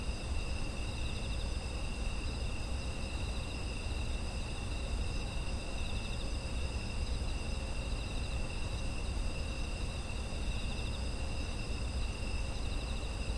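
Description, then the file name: Insects trilling continuously in overlapping high bands, one with a gentle rhythmic pulse, over persistent low rumbling background noise. Autumn insect ambience. "秋の虫の環境音"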